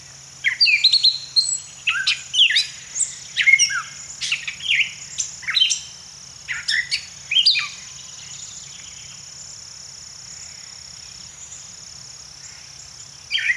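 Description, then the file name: Gray catbird singing a rapid string of varied scratchy and squeaky notes, then a long silence broken only by a brief note at the very end, while a thin, steady high drone continues. "Gray Catbird - Dumetella carolinensis"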